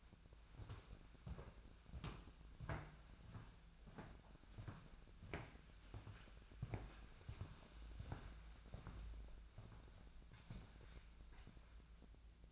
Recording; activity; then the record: daily activity, microphone in the room; walk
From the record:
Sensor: 2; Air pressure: 1008.2 hPa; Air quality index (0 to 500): 179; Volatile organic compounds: 10 ppm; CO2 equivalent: 2200 ppm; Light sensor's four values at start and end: 15/35/15/16 and 15/36/15/16